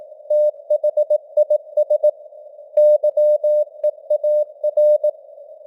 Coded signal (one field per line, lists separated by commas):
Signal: Morse code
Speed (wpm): 18 wpm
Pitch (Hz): 600 Hz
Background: none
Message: THIS YEAR